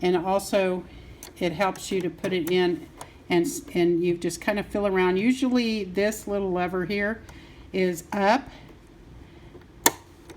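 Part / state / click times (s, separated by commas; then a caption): bobbin case into sewing machine bobbin holder / seated / 9.9 s. With its little lever up, a bobbin case is pushed into a sewing machine's bobbin holder while someone talks. A single loud, sharp snap at 9.9 s shows the case is seated correctly.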